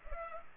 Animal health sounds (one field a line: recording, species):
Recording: mosquito wingbeat signal from an infrared sensor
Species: Culex pipiens